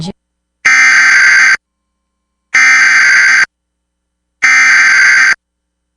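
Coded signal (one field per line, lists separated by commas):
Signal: Emergency Alert System (SAME) tones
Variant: header bursts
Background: speech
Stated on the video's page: Immediate evacuation alert for a wildfire in northwestern Wisconsin, received via KTWH Two Harbors, Minnesota.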